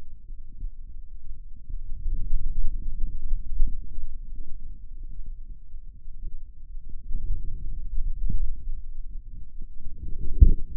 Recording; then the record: forearm muscle sounds (acoustic myography)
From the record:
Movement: pen grasping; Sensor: system 2, bracelet of six BSWA MPA416 microphones around the upper forearm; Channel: 4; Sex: male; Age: 22 years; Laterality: right